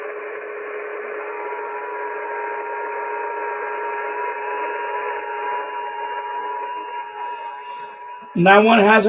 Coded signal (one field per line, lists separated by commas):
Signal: FT8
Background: speech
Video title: Danny Shortwave And Radio DX Live Stream #219 4/25/2025 Happy Friday Sony XDR-S3HD eBay buy Part 1